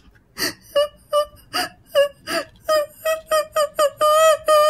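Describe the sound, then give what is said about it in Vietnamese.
A girl's choked, aggrieved sobbing: a string of short, high-pitched whimpering bursts that come faster toward the end and stretch into a longer wail, with no talking. “Mà lúc này á, nghe cái tiếng giống như là tiếng khóc mà theo cái kiểu ấm ức á các bạn.”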